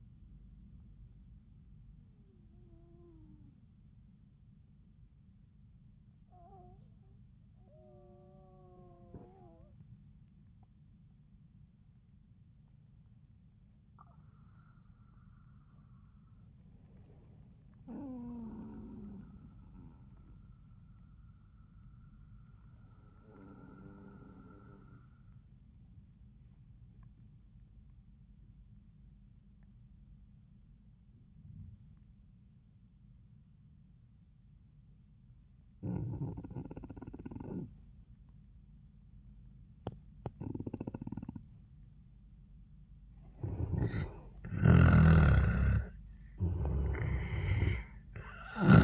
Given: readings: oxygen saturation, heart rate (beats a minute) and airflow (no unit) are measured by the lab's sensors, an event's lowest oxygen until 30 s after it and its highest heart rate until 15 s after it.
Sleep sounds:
breathing in sleep by a smartphone at the bedside; 1
5.00-43.10 s: obstructive apnea (N1, oxygen 98% highest, then 89% lowest, heart rate 88 at the start, 88 highest)
25.00-48.84 s: new sleep stage, N2 (light sleep)
From the record:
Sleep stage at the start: N1 (lightest sleep); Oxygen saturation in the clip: 82 to 98%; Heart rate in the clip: 69 to 90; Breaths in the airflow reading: 3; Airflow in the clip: -5.5 to 3.2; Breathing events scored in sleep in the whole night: 400 in 8.7 hours asleep

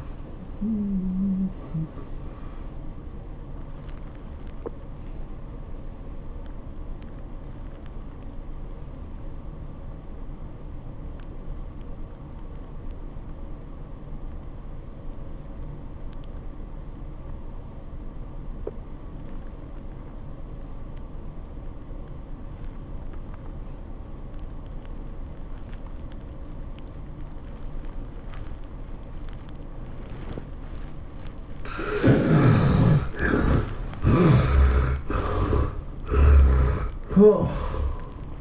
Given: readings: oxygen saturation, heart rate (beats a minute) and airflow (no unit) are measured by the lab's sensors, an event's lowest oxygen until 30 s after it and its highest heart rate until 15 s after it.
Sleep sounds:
breathing in sleep by a smartphone at the bedside; 1
9.00-33.40 s: obstructive apnea (N2, oxygen 97% highest, then 71% lowest, heart rate 91 at the start, 104 highest)
23.00-38.41 s: new sleep stage, N1 (lightest sleep)
From the record:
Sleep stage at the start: N2 (light sleep); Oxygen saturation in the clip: 74 to 97%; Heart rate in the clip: 71 to 108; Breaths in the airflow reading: 4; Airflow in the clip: -21.1 to 12.6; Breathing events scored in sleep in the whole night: 403 in 5.5 hours asleep

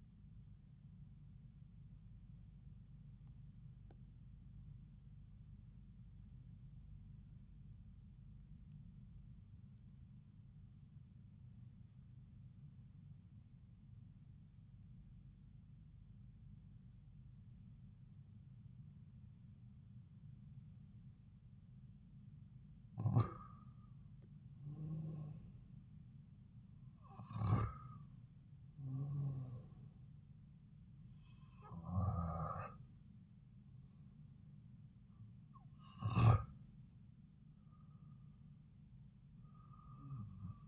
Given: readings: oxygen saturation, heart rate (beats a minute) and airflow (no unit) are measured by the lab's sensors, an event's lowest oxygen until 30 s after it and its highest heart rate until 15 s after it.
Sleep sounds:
breathing in sleep by a smartphone at the bedside; 1
5.00-24.90 s: obstructive apnea (N1, oxygen 96% highest, then 88% lowest)
20.00-40.68 s: new sleep stage, N2 (light sleep)
From the record:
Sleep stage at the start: N1 (lightest sleep); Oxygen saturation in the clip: 88 to 96%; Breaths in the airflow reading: 4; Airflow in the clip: -4.8 to 4.0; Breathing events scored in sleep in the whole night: 270 in 6.1 hours asleep

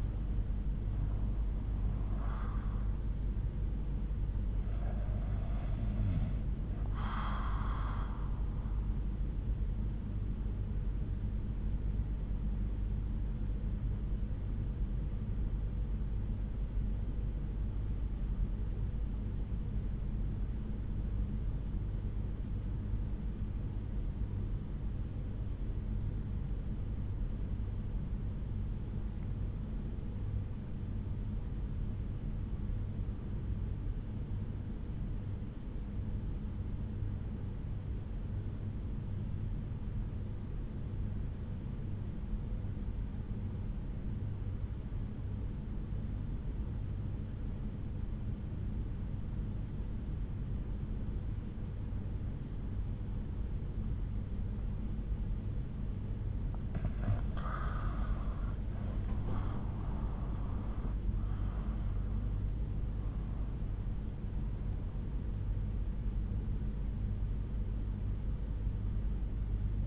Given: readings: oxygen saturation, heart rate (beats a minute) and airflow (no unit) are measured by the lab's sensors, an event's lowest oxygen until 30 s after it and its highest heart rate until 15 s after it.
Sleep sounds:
breathing in sleep by a smartphone at the bedside; 1
12.00-56.70 s: obstructive apnea (REM, oxygen 95% highest, then 75% lowest, heart rate 61 at the start, 85 highest)
From the record:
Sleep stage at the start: REM sleep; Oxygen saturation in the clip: 82 to 95%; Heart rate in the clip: 59 to 85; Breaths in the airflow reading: 5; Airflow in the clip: -9.9 to 9.9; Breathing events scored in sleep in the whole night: 368 in 8.0 hours asleep

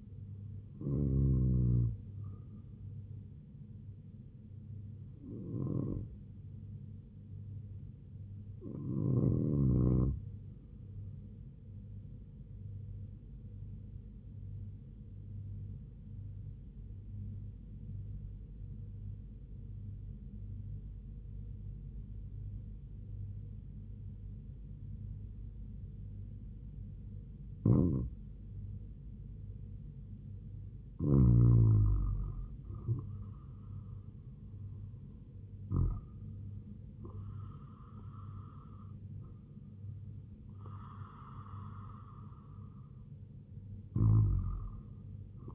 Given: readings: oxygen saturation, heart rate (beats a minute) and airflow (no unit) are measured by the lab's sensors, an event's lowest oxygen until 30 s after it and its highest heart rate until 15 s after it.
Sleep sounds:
breathing in sleep by a smartphone at the bedside; 1
13.00-32.80 s: hypopnea (REM, oxygen 98% highest, then 94% lowest, heart rate 73 at the start, 79 highest)
From the record:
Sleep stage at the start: REM sleep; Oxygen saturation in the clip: 94 to 99%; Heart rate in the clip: 69 to 79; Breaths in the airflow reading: 10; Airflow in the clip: -4.9 to 4.9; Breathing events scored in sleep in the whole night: 158 in 7.3 hours asleep

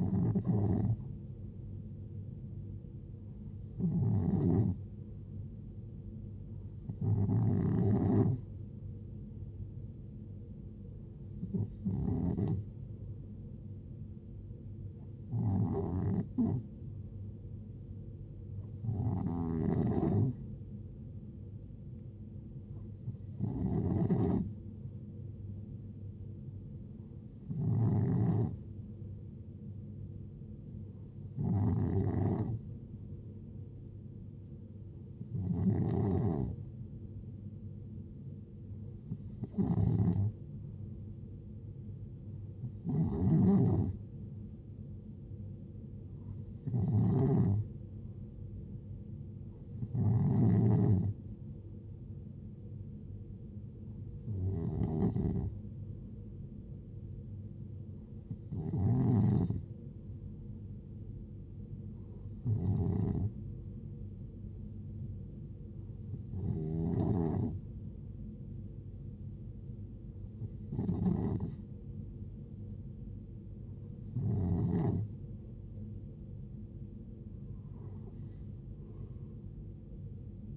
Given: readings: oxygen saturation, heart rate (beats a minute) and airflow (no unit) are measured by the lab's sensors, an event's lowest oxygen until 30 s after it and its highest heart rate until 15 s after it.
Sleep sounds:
breathing in sleep by a smartphone at the bedside; none
none scored
From the record:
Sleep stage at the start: N2 (light sleep); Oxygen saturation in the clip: 91 to 92%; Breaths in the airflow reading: 21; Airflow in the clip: -7.9 to 6.6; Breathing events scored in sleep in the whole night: 389 in 6.3 hours asleep

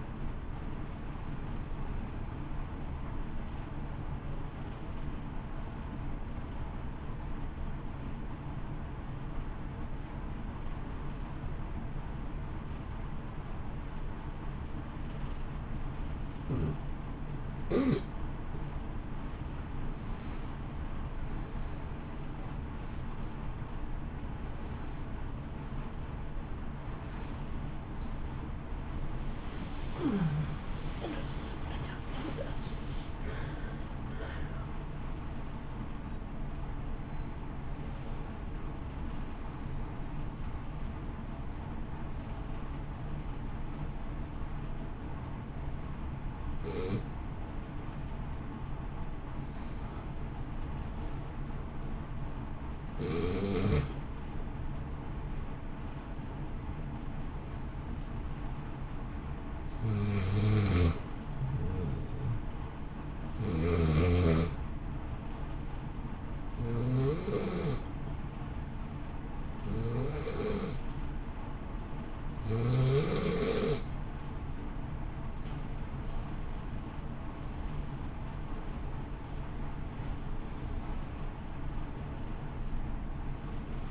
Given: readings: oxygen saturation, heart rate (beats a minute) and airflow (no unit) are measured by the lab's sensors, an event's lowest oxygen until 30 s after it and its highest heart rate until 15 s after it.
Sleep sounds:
breathing in sleep by a smartphone at the bedside; 2
6.00-21.80 s: hypopnea (N1, oxygen 94% highest, then 88% lowest)
46.00-76.70 s: hypopnea (N1, oxygen 95% highest, then 87% lowest, heart rate 61 at the start, 66 highest)
57.00-83.91 s: new sleep stage, N2 (light sleep)
From the record:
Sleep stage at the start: N1 (lightest sleep); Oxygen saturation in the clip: 87 to 95%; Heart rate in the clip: 55 to 69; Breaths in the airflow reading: 26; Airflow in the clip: -3.5 to 5.5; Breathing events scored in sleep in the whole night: 328 in 6.3 hours asleep

